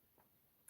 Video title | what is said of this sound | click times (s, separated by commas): Join me as I un-box the #Haslab #OmegaPrime #Live | That's right. That's where it's supposed to go, but it doesn't latch in place. It just sits there. | none